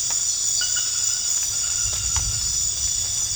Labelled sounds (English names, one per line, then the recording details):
none
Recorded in dense forest near Puerto Asís, Putumayo, Colombia, on 13 March 2025 at 23:30
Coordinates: 0.484, -76.325
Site G045